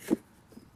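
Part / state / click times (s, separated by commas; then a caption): plastic water reservoir into waterer base / not seated / none. A plastic water reservoir is handled and twisted against the base of a plastic pet waterer that it locks into. A short low knock and scrape near the start fades into quiet rubbing, with a faint bump at the very end. Nothing has seated or clicked yet.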